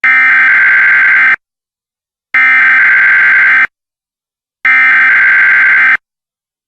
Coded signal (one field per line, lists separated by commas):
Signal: Emergency Alert System (SAME) tones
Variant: header bursts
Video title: EAS Comedy: Explosive Cheesehead Rampage Alert